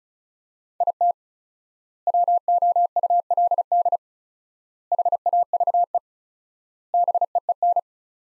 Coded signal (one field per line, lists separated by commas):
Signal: Morse code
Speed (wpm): 36 wpm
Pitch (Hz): 700 Hz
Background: none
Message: IT WOULD HAVE BEEN